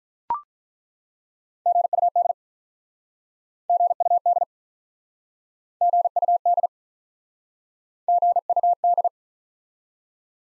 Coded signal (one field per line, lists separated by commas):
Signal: Morse code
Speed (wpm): 48 wpm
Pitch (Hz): 700 Hz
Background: none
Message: GUD GUD GUD GUD